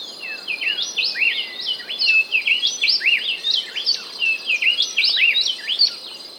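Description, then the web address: Speckle-breasted wren pouring out fast, loud whistled phrases of swooping notes without pause, over a faint high insect buzz. Recorded in Ecuador. "Birds of Ecuador Speckle-breasted Wren"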